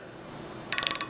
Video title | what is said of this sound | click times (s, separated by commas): PHY2048L Lab 11 Density Measurement | you have that click sound. | 0.7 s, 0.8 s, 0.9 s, 1.0 s